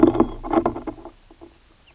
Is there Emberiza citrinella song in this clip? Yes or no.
no